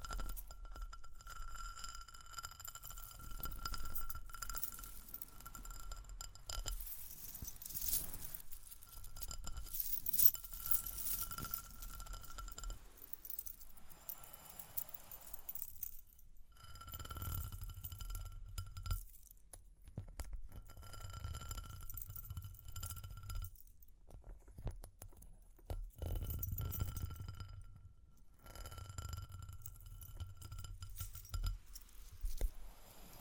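Tapping and scratching sounds mix with bright, jingling rings that hang in the air like small chimes or glass. Soft rubbing and brushing comes and goes throughout, with low thumping swells around the middle and again near twenty-six seconds, while short pauses break up the activity.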